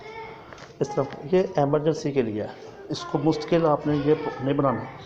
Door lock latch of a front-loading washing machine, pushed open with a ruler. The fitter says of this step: थोड़ा सा पुश करेंगे तो ये लॉक ओपन हो जाता है इस